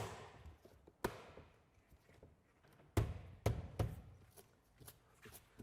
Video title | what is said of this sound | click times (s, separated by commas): VW T6.1 new speakers and subwoofer installation - DIY - ARS24 | Zet het scherm er weer op, zorg ervoor dat het goed vergrendelt, dus dat | 1.0 s, 3.0 s, 3.5 s